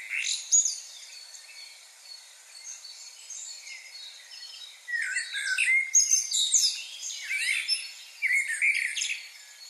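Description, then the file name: Common blackbird warbling phrases, fluty notes dipping and rising, then shrill twittered endings, separated by short pauses amid busy background birdsong. "Turdus merula"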